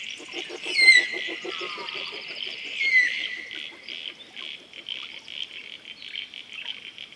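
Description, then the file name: Australian magpie song: rich, overlapping warbles and clear whistled notes with rapid, rattling lower phrases, fading into softer continuous warbling. "Australian Magpie Gymnorhina tibicen"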